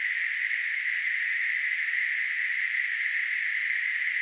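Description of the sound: A steady, continuous hissing band of noise centered around 2 kHz, a simulated tinnitus sound.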